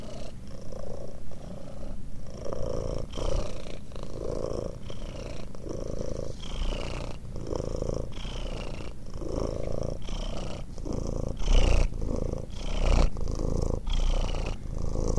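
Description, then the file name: Cat purring: a steady low rumble pulsing with regular breaths. "кошка"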